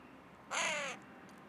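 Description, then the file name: Carrion crow giving a single harsh, hoarse caw lasting about half a second, slightly falling in pitch, against a quiet background. "Corvus corone"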